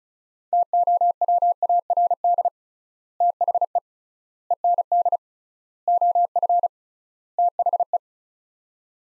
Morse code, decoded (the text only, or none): TOWARD THE END OF THE